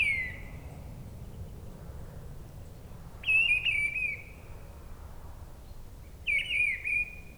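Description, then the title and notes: Mistle thrush singing loud fluted phrases roughly every three seconds, each a quick string of clear whistled notes, over low background hum. Singing high in a treetop at a forest edge, Brison-Saint-Innocent, France; Sunday, grey weather, 10°C; frequent aircraft passing from a nearby airport. "Brison-Saint-Innocent, France - Grive draine. En lisière de la forêt une grive draine chante haut perchée à la cime d'un arbre, beaucoup de passages d'avions avec l'aéroport proche un dimanche , il y a quand même un moment plus calme pour l'entendre seule, le temps est gris 10°"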